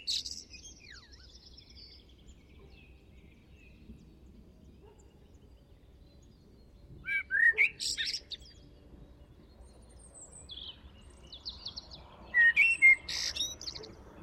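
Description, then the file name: Common blackbird singing two short phrases several seconds apart, each a brief low whistle topped by harsh, very high twitters. "Turdus merula"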